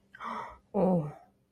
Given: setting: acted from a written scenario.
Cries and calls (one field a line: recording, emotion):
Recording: vocal sound without words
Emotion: negative surprise